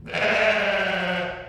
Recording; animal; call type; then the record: contact call of a hoofed animal; sheep; low-frequency (closed-mouth) or high-frequency (open-mouth) call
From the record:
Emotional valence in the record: negative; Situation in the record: short social isolation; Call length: 1.49 s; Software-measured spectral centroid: 1970 Hz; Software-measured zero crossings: 2690 a second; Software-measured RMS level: -23 dBFS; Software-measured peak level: -9 dBFS